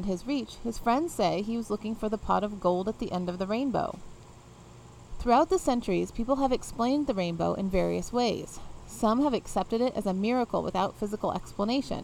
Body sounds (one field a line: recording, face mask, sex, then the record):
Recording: reading aloud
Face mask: none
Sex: female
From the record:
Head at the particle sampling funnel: facing it